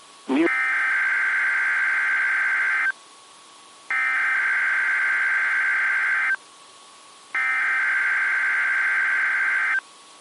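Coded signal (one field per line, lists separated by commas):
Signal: Emergency Alert System (SAME) tones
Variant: header bursts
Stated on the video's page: Weekly weather radio tests.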